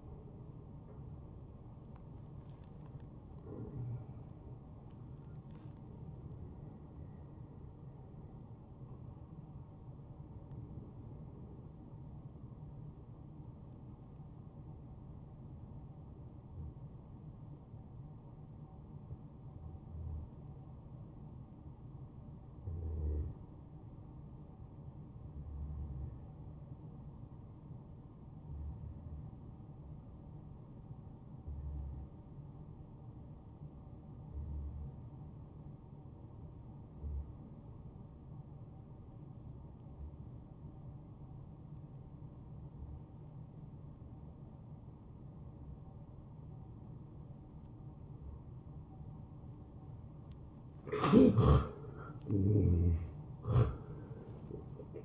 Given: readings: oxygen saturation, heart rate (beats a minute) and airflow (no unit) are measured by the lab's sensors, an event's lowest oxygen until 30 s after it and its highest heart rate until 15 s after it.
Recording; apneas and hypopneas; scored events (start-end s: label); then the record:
breathing in sleep by a smartphone at the bedside; 1
15.00-49.80 s: hypopnea (N1, oxygen 96% highest, then 84% lowest, heart rate 80 at the start, 83 highest)
From the record:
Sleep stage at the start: N1 (lightest sleep); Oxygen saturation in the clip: 88 to 96%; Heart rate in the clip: 73 to 87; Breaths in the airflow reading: 15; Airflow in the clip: -10.7 to 12.3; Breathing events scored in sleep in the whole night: 263 in 5.5 hours asleep